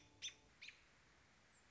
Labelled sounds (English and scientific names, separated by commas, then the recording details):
American Robin (Turdus migratorius)
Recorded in Sonoma County, California